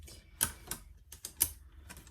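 A plastic brick module from a Ninjago set is handled before it is pushed onto the set's connecting pins. A series of small, sharp plastic knocks is heard. Nothing has seated or clicked into place yet.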